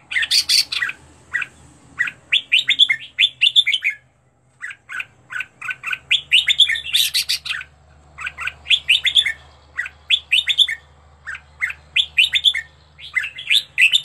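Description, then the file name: Red-whiskered bulbul song: bursts of bright chirping, warbled notes in quick runs separated by short pauses, one near-silent gap around four seconds. Training song for teaching birds to sing, with 15 standard song styles. "tieng-luyen-giong-chao-mao-hot-15-giong-chuan"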